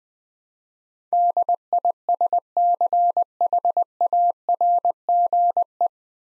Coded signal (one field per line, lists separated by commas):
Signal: Morse code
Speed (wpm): 20 wpm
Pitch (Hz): 700 Hz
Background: none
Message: DISCHARGE